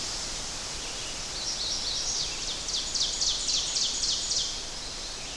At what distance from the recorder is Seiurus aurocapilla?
about 35 m